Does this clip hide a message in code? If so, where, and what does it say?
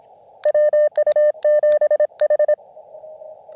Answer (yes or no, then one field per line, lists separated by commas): yes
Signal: Morse code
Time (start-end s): 0.5-2.5 s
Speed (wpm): 26 wpm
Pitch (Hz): 600 Hz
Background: none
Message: WU7H